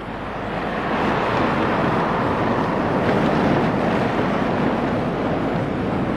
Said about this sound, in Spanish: Pronto nuestra goleta fue azotada por las olas del Atlántico. Tuvo que zigzaguear contra el viento del norte y no sin esfuerzo alcanzó las Feroe.